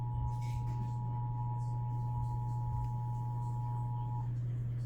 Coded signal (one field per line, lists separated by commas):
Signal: Emergency Alert System (SAME) tones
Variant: 853 and 960 Hz attention tone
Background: speech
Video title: eas tor Eas#303 - 304)